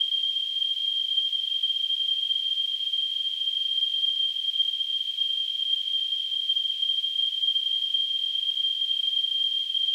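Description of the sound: Simulated tinnitus: a steady, continuous high-pitched tone near 3 kHz with a faint hiss of noise around it, unchanging in pitch and loudness for the whole ten seconds.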